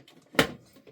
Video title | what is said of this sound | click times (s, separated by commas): Ninja Creami Deluxe 11 n 1 Unboxing | and it locks in place you plug your machine in you would hit the power button | 0.4 s